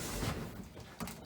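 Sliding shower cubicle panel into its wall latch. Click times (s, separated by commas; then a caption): 1.0 s. In the bathroom of a 2021 Carthago Malibu T 410 motorhome, a folding shower cubicle panel slides around with a soft rubbing, scraping sound. A short, sharp knock at 1.0 s marks the panel latching into its wall latch, locking it into place.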